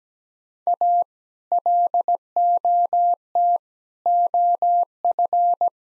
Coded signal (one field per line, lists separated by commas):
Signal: Morse code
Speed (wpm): 17 wpm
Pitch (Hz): 700 Hz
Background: none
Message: A LOT OF